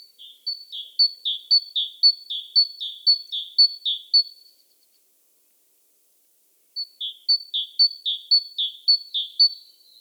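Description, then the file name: Great tit singing two rhythmic bursts of clear, high two-note phrases, separated by a quiet gap of about two seconds. "Parus major"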